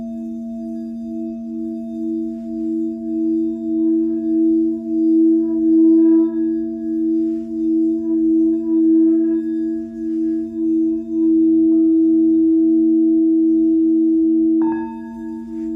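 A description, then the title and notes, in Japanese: A singing bowl hums a steady low tone with a slow, regular pulsing beat, smoothing out near eleven seconds before a brief bright strike near fifteen. 朝焼けのメキシコから シンギングボウルのサウンドヒーリングライブ。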